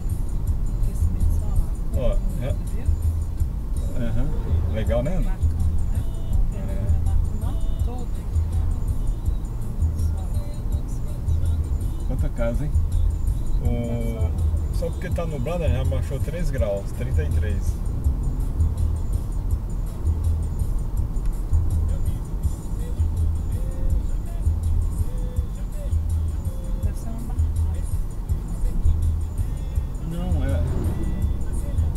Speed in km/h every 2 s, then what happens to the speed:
74, 69, 67, 68, 68, 69, 69, 70, 70, 72, 73, 73, 72, 72, 72, 73.
0-3 slows to 67. 3-32 steady at about 70.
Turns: none.